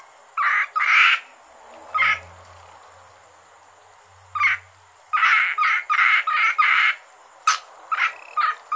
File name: rana limnocharis gruenrekorder